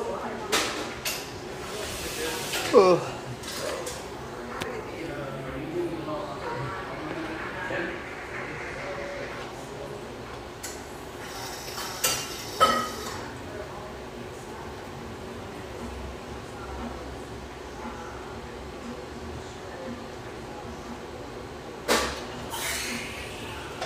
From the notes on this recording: warm, firelit café in one of America's most popular ski towns